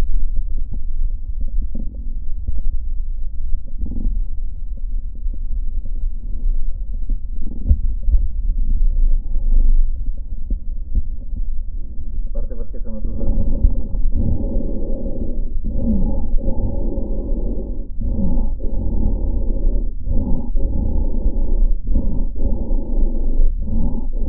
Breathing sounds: lung sounds by stethoscope; left posterior apical chest; quiet breathing, then deep breathing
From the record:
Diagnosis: interstitial lung disease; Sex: male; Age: 82 years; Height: 158 cm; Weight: 49 kg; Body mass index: 19.6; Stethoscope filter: diaphragm mode

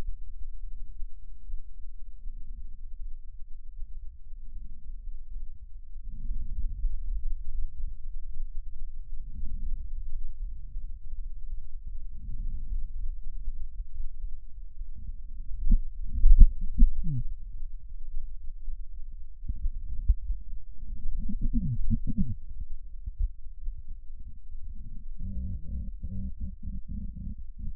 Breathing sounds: lung sounds by stethoscope; left anterior apical chest; quiet breathing, then cough and speech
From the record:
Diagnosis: COPD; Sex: female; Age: 72 years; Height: 156 cm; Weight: 72 kg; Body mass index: 29.6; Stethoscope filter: bell mode

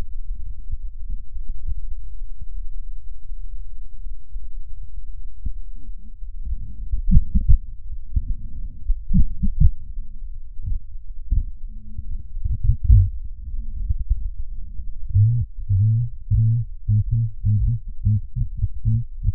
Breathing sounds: lung sounds by stethoscope; right posterior basal chest; quiet breathing, then cough and speech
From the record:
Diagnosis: none (healthy); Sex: male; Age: 29 years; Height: 180 cm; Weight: 100 kg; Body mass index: 30.9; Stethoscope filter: bell mode

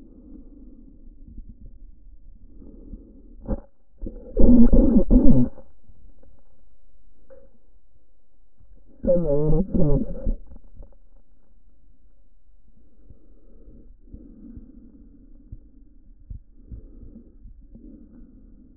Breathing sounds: lung sounds by stethoscope; trachea; quiet breathing, then cough and speech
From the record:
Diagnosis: COPD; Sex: male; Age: 65 years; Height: 162 cm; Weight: 67.8 kg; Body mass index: 25.8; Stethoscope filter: diaphragm mode

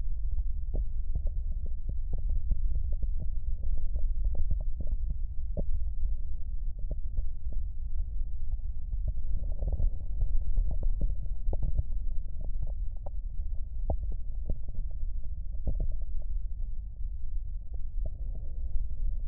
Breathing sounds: lung sounds by stethoscope; right posterior basal chest; quiet breathing, then deep breathing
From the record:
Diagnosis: asthma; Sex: female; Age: 65 years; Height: 157 cm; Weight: 70.2 kg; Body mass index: 28.5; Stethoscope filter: extended mode

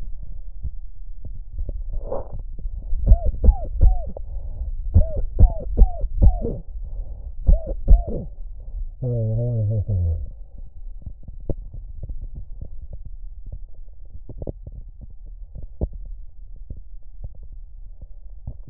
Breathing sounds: lung sounds by stethoscope; right anterior apical chest; quiet breathing, then cough and speech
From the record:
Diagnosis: COPD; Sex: male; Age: 70 years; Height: 183 cm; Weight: 116 kg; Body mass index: 34.6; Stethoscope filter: extended mode

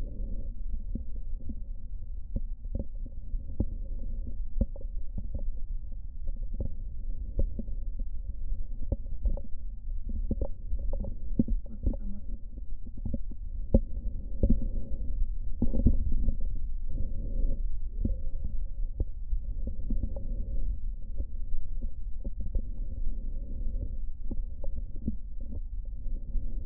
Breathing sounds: lung sounds by stethoscope; right posterior basal chest; quiet breathing, then deep breathing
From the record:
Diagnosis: none (healthy); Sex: male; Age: 60 years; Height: 190 cm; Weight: 150 kg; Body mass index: 41.6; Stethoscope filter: diaphragm mode

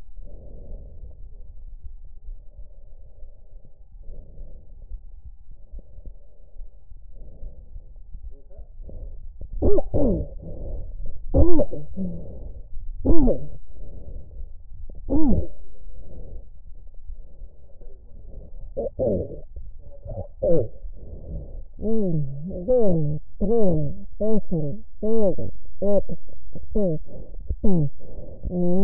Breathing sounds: lung sounds by stethoscope; left anterior apical chest; quiet breathing, then cough and speech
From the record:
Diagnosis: interstitial lung disease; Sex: female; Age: 72 years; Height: 153 cm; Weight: 71 kg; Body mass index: 30.3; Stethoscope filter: extended mode

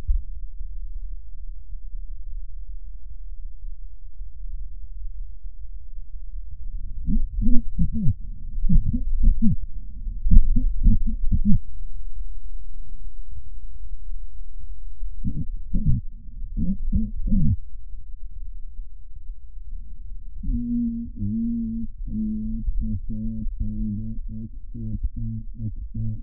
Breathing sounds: lung sounds by stethoscope; left posterior apical chest; quiet breathing, then cough and speech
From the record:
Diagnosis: pulmonary infection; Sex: male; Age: 86 years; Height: 165 cm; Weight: 65 kg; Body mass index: 23.9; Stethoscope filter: bell mode

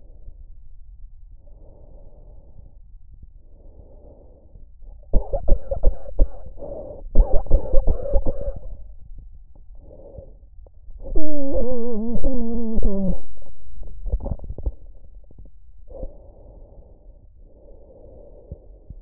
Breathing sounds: lung sounds by stethoscope; trachea; quiet breathing, then cough and speech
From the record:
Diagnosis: COPD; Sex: female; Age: 65 years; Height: 156 cm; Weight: 63.9 kg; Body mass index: 26.3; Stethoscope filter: extended mode

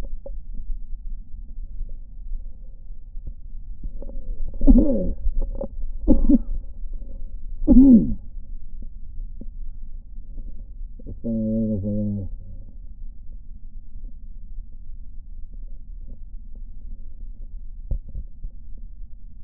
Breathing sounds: lung sounds by stethoscope; left posterior basal chest; quiet breathing, then cough and speech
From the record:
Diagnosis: COPD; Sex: male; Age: 69 years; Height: 162 cm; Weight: 124.8 kg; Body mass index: 47.6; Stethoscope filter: diaphragm mode

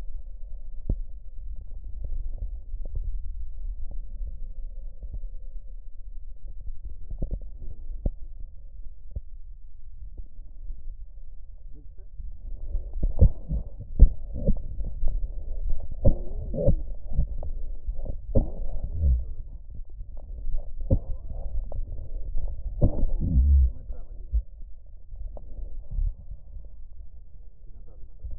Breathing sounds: lung sounds by stethoscope; right posterior basal chest; quiet breathing, then cough and speech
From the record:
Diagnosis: pulmonary infection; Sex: male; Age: 69 years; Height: 184 cm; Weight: 115 kg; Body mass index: 34.0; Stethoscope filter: extended mode

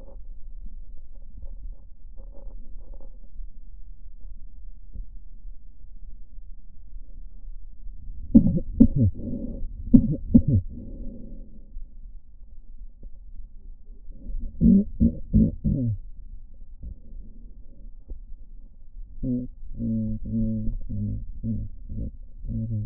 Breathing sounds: lung sounds by stethoscope; left posterior basal chest; quiet breathing, then cough and speech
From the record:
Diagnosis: none (healthy); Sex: male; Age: 30 years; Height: 190 cm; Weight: 88 kg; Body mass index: 24.4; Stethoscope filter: diaphragm mode

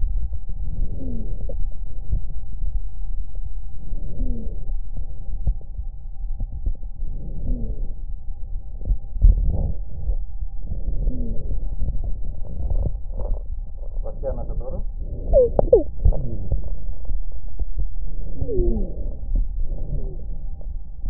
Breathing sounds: lung sounds by stethoscope; left posterior basal chest; quiet breathing, then deep breathing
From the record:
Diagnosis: asthma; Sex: female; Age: 56 years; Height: 161 cm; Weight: 85 kg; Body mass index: 32.8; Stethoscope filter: extended mode

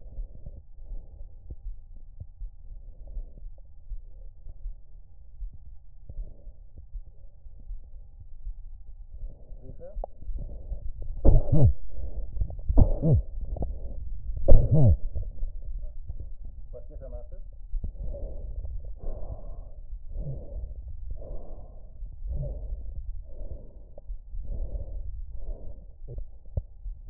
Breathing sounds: lung sounds by stethoscope; right anterior apical chest; quiet breathing, then deep breathing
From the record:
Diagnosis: COPD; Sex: female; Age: 80 years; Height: 160 cm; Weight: 62 kg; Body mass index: 24.2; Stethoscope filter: extended mode

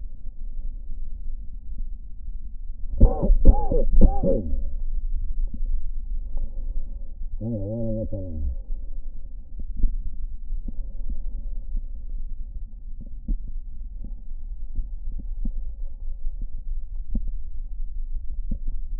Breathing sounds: lung sounds by stethoscope; left anterior apical chest; quiet breathing, then cough and speech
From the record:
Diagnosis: COPD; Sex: male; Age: 60 years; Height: 171 cm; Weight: 59.4 kg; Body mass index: 20.3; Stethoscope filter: diaphragm mode

